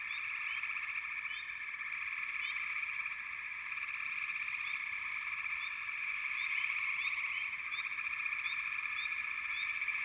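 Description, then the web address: Many frogs calling together in a continuous high-pitched trill, with rapid rising chirp notes sprinkled across the chorus. "Dan Gibson Echoes of Nature. American Wilds. Frog Chorus"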